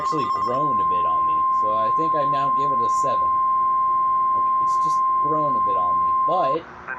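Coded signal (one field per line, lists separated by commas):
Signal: Emergency Alert System (SAME) tones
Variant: 1050 Hz attention tone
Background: speech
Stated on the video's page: EAS tones from a fictional EAS scenario.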